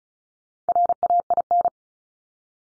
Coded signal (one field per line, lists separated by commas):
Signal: Morse code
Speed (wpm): 36 wpm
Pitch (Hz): 700 Hz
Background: none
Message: RAIN